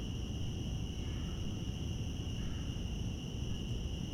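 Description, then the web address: Steady cicada buzz holding one high pitch throughout, with a constant low rumble of background noise. Recorded in Central Park. "lynne-publishing Central Park cicadas"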